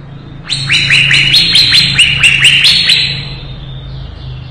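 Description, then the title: Leafbird delivering a quick series of repeated, steeply rising chirps for about two and a half seconds, with a faint low hum beneath. Lively singing (gacor), 2017. "Suara Burung Cucak Ijo Gacor 2017"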